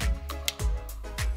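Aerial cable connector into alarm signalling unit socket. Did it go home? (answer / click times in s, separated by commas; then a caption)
yes / 0.5 s. An external aerial lead's connector is pushed into the antenna socket of an alarm signalling unit over background music. One sharp, short click at 0.5 s shows the aerial connector is seated properly.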